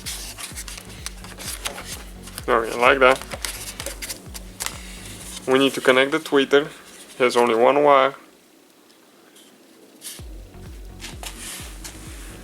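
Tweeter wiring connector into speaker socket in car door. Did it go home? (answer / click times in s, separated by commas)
no / none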